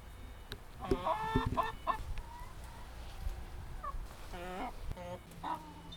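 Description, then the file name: Chickens clucking: a burst of rapid, harmonic clucks near one second, then further clucks and soft calls at irregular intervals over low rumbling background noise. Laying hens kept by a grandmother. "Kury nioski babci"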